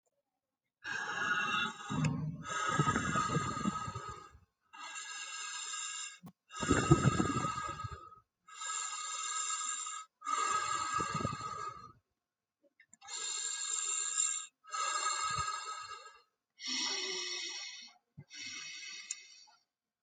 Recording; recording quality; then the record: shallow breathing; excellent, no background noise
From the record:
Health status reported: healthy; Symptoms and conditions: asthma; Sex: male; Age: 34 years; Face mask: not worn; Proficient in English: yes